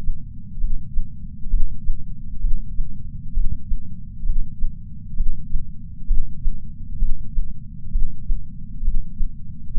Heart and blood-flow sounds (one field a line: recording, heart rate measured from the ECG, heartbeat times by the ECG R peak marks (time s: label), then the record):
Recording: heart sounds by patch sensor on the chest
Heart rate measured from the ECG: 66 bpm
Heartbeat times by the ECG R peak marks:
0.62 s: heartbeat
1.51 s: heartbeat
2.42 s: heartbeat
3.35 s: heartbeat
4.27 s: heartbeat
5.18 s: heartbeat
6.09 s: heartbeat
7.00 s: heartbeat
7.93 s: heartbeat
8.86 s: heartbeat
9.75 s: heartbeat
From the record:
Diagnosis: coronary artery disease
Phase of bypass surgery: preoperative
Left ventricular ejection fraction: 62.1%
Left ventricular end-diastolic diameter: 45 mm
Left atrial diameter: 40 mm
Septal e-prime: 8 cm/s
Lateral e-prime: 10 cm/s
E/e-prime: 5.6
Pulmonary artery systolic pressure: 22 mmHg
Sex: male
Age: 60 years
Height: 170 cm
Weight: 67 kg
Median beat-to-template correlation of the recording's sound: 0.93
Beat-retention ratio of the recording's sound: 1.00